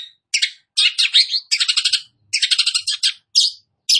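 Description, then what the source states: Long-tailed shrike song: harsh, scratchy chattering bursts separated by short pauses, mixing rasping and squeaky notes in quick clusters. Described as gacor, singing actively.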